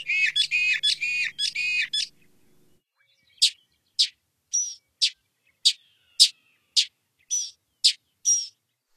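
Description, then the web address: Northern mockingbird song, a fast burst of repeated chattering phrases for two seconds, then a pause and a series of single sharp high notes spaced about half a second apart. "Songs of Birds of North America Stokes. Northern Mockingbird"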